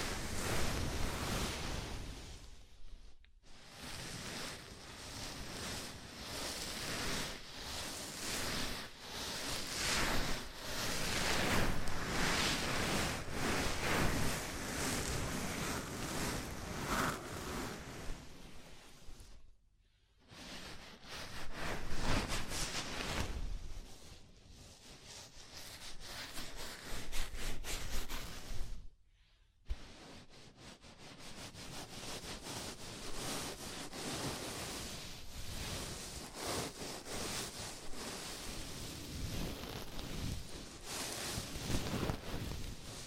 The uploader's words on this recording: ASMR Sleepy Scalp Massage (No Talking).